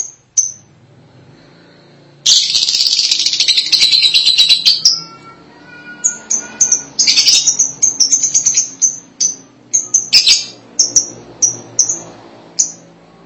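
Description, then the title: Lovebird calling with a long loud buzzy chatter, then many short high squeaks and a few more rasping bursts. "BM Suara Burung Lovebird"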